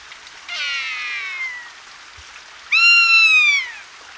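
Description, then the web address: Rough-legged buzzard giving two drawn-out, falling mewing cries, the second louder, separated by about a second of quiet. "chant xeno-canto buse pattue"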